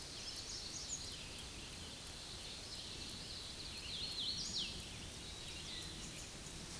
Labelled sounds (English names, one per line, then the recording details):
Hooded Warbler song
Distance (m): 50 m
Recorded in a Pennsylvania forest on 18 May 2023 at 09:24
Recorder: AudioMoth, point grid1_16_low
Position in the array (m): 188 m, 113 m